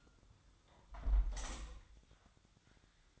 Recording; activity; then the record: daily activity, microphone in the room; close window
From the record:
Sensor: 3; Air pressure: 1004.6 hPa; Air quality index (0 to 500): 106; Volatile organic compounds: 4 ppm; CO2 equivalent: 1666 ppm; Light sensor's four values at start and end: 7/16/6/6 and 7/16/6/6